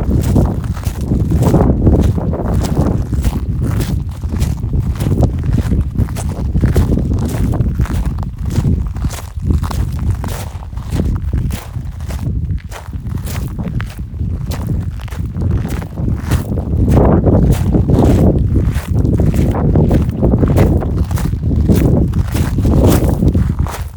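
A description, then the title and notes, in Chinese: Footsteps crunch steadily along a gravel path, each step a coarse, grinding scrunch of stones underfoot. The pace is even, about two steps a second, with a low rustling body beneath the crisp crunches throughout. 走石子路。咯吱咯吱+呼哗呼哗。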